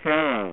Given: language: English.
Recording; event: throat vibration sensor signal played as sound; speech